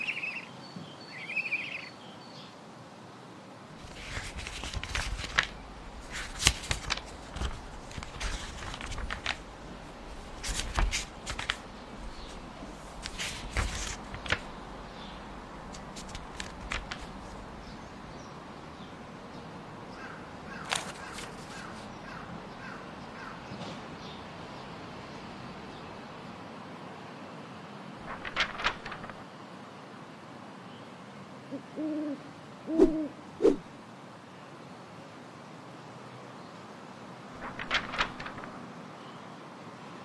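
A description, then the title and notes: A flying broom and an open book: quick, crisp rustling flaps come in a dense cluster over the first fifteen seconds, then only now and then, near 21, 28, 33 and 38 seconds. A low, steady murmur runs underneath, with faint high calls early on. Flying broom, open book.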